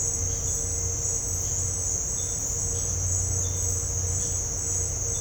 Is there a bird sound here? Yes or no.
no